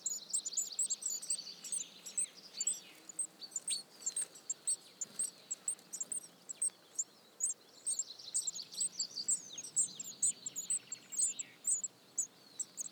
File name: Cyanistes caeruleus